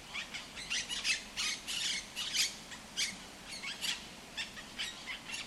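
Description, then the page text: Monk parakeet harsh squawks and chatter in an irregular series. El Retiro park, Madrid; Madrid has Europe's largest monk parakeet population. "Cities and Memory - remixing the world. Monk parakeets in Madrid. Madrid has the greatest population of Monk Parakeets in Europe, many of whom can be seen and heard in the El Retiro park"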